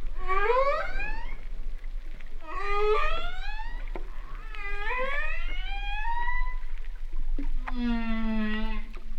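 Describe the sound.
Humpback whale song: long harmonic wails sweeping upward, repeated at a steady pace, ending in a steady drawn-out tone over a constant low hum.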